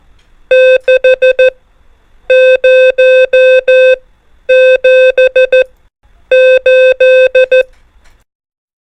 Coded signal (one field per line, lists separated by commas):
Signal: Morse code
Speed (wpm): 14 wpm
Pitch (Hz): 520 Hz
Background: none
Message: 6 0 7 8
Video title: MORSE CODE RUNNER NUMBERS ONLY | CW PRACTICE CODE